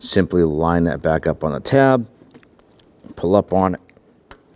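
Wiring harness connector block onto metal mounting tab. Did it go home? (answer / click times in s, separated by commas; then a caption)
yes / 4.3 s. While replacing the upstream O2 sensors on a 2006-2014 Honda Ridgeline 3.5L V6, a plastic wiring harness connector block is lined up on a metal bracket tab, pulled up, and pushed until it clips on. Someone talks at first, then faint handling ticks follow, and a single sharp click at 4.3 s marks the block snapping into place and seating on the tab.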